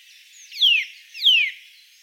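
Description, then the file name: Eurasian nuthatch calls, two loud descending whistled notes about two-thirds of a second apart, over light background noise. "Sitta europaea"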